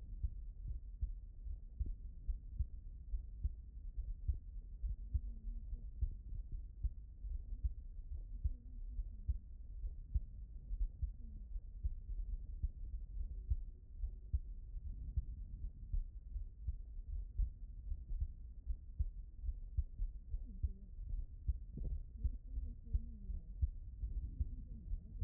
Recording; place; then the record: heart sounds by stethoscope; pulmonary valve (PV)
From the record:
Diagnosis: non-HFrEF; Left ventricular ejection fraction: 67%